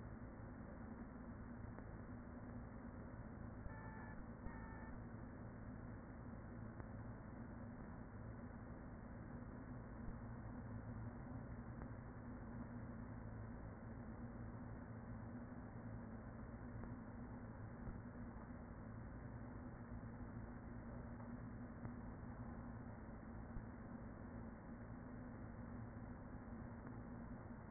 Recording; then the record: honeybee colony, microphone inside the hive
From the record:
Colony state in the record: queen present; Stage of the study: after two queens were removed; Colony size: about 40,000 bees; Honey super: no